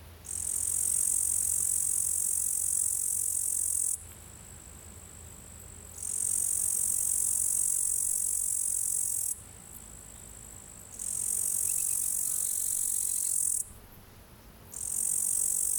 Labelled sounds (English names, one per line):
Upland Green Bush-cricket stridulation